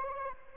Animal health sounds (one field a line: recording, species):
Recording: mosquito wingbeat signal from an infrared sensor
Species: Anopheles arabiensis